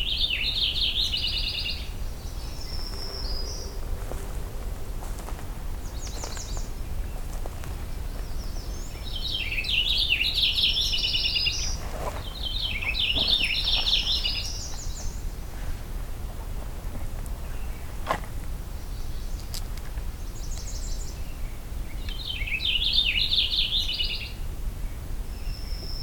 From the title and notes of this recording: It’s the next morning at the old hunt camp and I’m doing a short walk to see if I can find any new species this time around. It’s overcast, so the morning chorus is less enthusiastic as usual, but there are still quite a few songs to be heard.